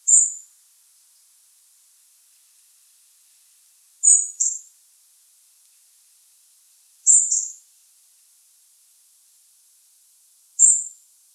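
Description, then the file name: European robin repeating high, thin call notes every three to four seconds, sometimes doubled, with silence in between. "Erithacus rubecula"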